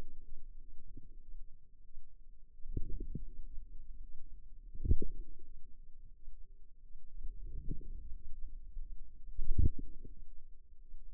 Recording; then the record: forearm muscle sounds (acoustic myography)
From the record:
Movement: outward rotation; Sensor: system 2, bracelet of six BSWA MPA416 microphones around the upper forearm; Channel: 1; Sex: female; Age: 23 years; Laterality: right